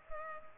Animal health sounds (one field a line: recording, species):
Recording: mosquito wingbeat signal from an infrared sensor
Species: Culex pipiens